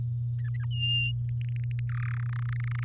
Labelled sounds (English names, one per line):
Domestic Canary song